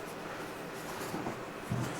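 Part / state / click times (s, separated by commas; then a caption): controller cable plug into heating pad socket / not seated / none. A controller's cable plug is handled at the socket of an infrared heating pad with jade stones, with soft rustling and a couple of low thumps near 1.2 and 1.7 seconds. Nothing has seated or clicked yet.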